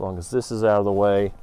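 In a 2026 Renegade Verona VTS RV, a sliding interior panel is handled as it is moved back over the fitting that replaces the old loose pins. Someone talks throughout, and no other distinct sound stands out. Nothing has seated or clicked yet.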